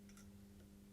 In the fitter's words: well nice click there so I can hear that they've gone together